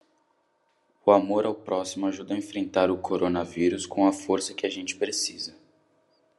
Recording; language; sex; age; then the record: spoken sentence; Brazilian Portuguese; male; 20 to 29 years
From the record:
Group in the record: control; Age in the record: 21 years